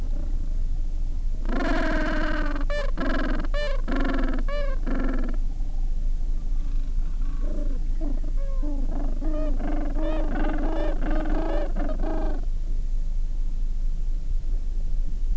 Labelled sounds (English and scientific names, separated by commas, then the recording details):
Gentoo Penguin (Pygoscelis papua)
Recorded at the colony at Selvic Cove, Antarctica, on 13 December 2015
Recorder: Song Meter SM2+